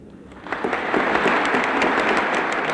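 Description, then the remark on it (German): A large audience of Soviet cultural figures, workers and journalists in the Sverdlov Hall of the Moscow Kremlin bursts into loud, sustained stormy applause as the International Stalin Peace Prize diploma and gold medal are presented, dense overlapping claps swelling after a quieter start and holding steady throughout. “Unter stürmischem Beifall überreicht Nikolai Tichonow Bertolt Brecht das Diplom und die goldene Medaille des Internationalen Stalinfriedenspreises.”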